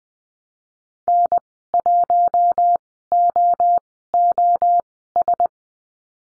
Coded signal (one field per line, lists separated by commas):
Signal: Morse code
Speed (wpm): 20 wpm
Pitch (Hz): 700 Hz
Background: none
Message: N1OOS